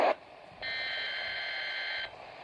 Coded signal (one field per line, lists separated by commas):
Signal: Emergency Alert System (SAME) tones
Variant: header bursts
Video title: How to self activate your NOAA Weather Radio.